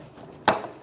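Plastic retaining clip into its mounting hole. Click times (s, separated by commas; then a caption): 0.5 s. A plastic retaining clip's ear is slid into its slot in the fuel tank strap area of a 1997–2006 Jeep Wrangler, then the clip is pushed down into its mounting hole. It snaps into place with a single sharp, bright click at 0.5 seconds, which stands out clearly against the quiet background. The clip is seated.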